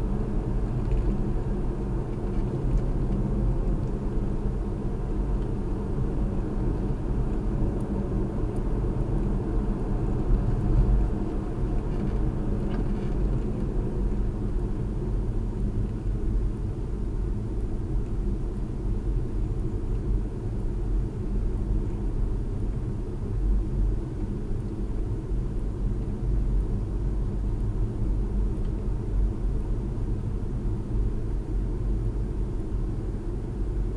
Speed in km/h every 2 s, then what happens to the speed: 53, 53, 52, 55, 55, 56, 53, 42, 39, 39, 39, 39, 39, 39, 39, 39, 39.
0-11 steady at about 53. 11-15 brakes to 39. 15-34 steady at about 39.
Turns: none.